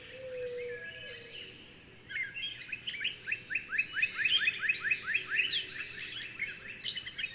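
Bird song: a low whistle and faint high notes, then a steady run of fast rising notes with higher notes above.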